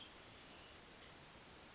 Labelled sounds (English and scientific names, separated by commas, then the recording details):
Western Tanager (Piranga ludoviciana)
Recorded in Sonoma County, California